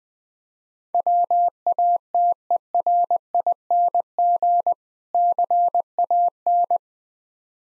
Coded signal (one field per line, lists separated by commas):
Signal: Morse code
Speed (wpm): 20 wpm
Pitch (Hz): 700 Hz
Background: none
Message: WATERING CAN